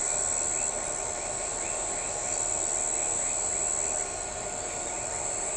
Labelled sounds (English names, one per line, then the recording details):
none
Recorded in shrubland near Pivijay, Magdalena, Colombia, on 16 April 2023 at 02:00
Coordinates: 10.453, -74.365
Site P5-G022